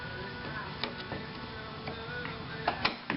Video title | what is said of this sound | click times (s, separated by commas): BMW door locks random lock and unlock 1995 M3 by froggy | two two clicks and it's locked | 3.1 s